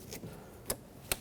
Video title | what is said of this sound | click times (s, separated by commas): How to Replace Thermostat Housing 1998-2011 Ford Ranger (4.0L V6) | Cylinder number one, make sure it clicks. Cylinder number two, | 0.7 s, 1.1 s